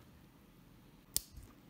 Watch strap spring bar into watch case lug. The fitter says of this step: Щелчок, вы слышали?